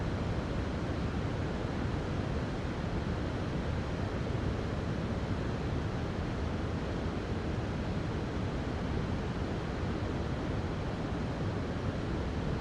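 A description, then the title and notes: A powerful waterfall roars without pause, a dense, steady wash of rushing water with heavy low rumble underneath and a bright hiss on top. The level holds constant throughout, with no separate events or other sounds standing out. Dettifoss. The sounds of its cascading waterfalls and flowing rivers. Using the Zoom F6 and an ORTF stereo set of Sennheiser MKH 8040, I recorded 49 tracks of the natural ambiance of Iceland's waterfalls and rivers.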